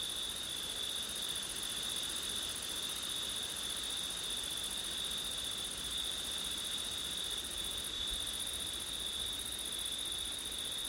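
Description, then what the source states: Crickets give a sustained high trill with a glittering upper band, with steady wind noise in the background. September night, with wind.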